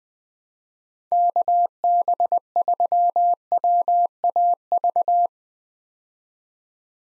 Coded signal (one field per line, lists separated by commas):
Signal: Morse code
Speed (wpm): 20 wpm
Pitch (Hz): 700 Hz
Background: none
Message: KB3WAV